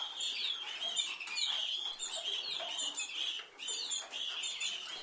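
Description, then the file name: Canary song, quick warbling trills and chirps running on without a break, set against a steady hiss of background noise. "Canary Voice"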